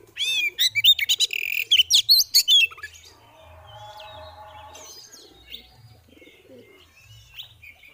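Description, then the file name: Oriental magpie-robin chatters rapidly and harshly for about two and a half seconds, then a softer buzzing sound and faint bird notes follow. Female bird; 'ngeriwik' and 'ngeplong' calling styles; bird therapy audio. "Terapi Suara Burung Kacer Betina Ngeriwik Ngeplong"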